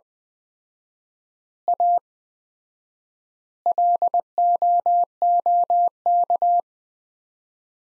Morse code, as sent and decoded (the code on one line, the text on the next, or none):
.- / .-.. --- --- -.-
A LOOK